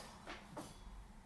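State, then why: Not seated. An Ethernet cable plug is handled at the network port of a Pi-Star MMDVM hotspot, making soft broadband rustles around 0.3 s and 0.6 s over a steady low hum. Nothing has seated or clicked yet.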